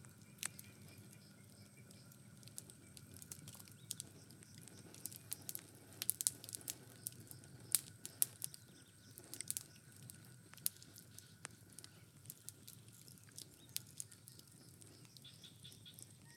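A campfire crackles with frequent sharp pops and snaps over a low steady rumble, with a faint thin hum of night insects behind.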